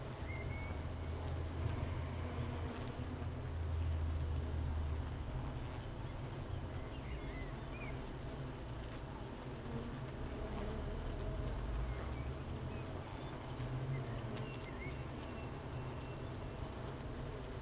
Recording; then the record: honeybee colony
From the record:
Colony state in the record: missing queen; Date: 31 May 2018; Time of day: 8:17